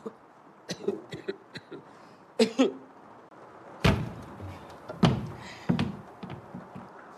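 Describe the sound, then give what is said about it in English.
A wooden milking stool from the kitchen is carried in amid light knocks and scuffs, then set down with a few solid, hollow wooden thuds spaced about a second apart. “That's not a chair. It's a stool. Milking stool. Can I bring it in here?”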